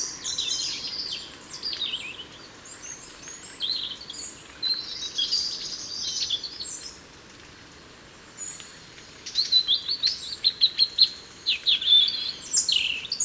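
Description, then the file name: European robin with high tinkling warbled phrases, then a rapid series of sharp ticking notes near the end, separated by brief silences. "Erithacus rubecula"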